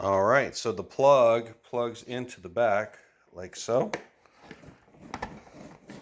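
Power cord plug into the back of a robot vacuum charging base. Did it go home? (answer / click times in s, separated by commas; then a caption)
yes / 5.1 s, 5.2 s. A power cord plug is pushed into the socket on the back of the charging and emptying base of an iRobot Roomba j7+ robot vacuum while someone talks. After the speech, small handling noises lead to two sharp clicks at 5.1 and 5.2 seconds as the plug seats, followed by faint rustling.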